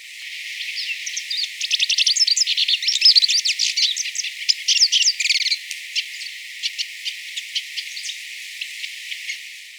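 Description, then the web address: Hooded siskin giving a rapid, high twittering warble of chirps and trills. It builds to a dense burst in the middle, then thins to scattered single clicks and notes. Recorded in Ecuador. "Birds of Ecuador. Hooded Siskin"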